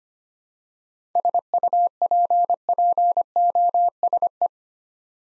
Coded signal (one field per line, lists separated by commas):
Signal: Morse code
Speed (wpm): 25 wpm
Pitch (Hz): 700 Hz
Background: none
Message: SUPPOSE